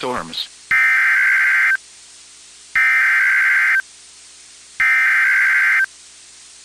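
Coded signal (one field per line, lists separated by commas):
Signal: Emergency Alert System (SAME) tones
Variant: header bursts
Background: speech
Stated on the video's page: Severe thunderstorm warning from the Indianapolis office, received on NOAA weather radio transmitter WWG83.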